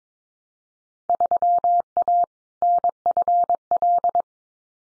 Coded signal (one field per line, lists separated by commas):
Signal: Morse code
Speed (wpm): 22 wpm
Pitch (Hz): 700 Hz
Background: none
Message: 3A NFL